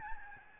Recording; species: mosquito wingbeat signal from an infrared sensor; Aedes albopictus